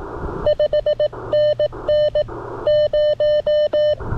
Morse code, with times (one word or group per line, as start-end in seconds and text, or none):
0.5-2.2 5NN
2.7-3.9 0